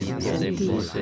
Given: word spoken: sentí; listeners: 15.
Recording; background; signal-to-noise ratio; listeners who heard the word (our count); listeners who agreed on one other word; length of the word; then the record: one Spanish word in noise, from a listening test; eight-talker babble; -2.8 dB; 0 of 15; 7 of 15; 0.62 s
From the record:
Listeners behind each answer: 7, 2, 1, 1, 1, 1, 1, 1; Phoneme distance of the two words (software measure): 7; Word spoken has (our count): 2 syllables, 5 phonemes, stress on syllable 2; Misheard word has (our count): 2 syllables, 6 phonemes, stress on syllable 2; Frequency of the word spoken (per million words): 28.02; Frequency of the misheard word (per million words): 56.25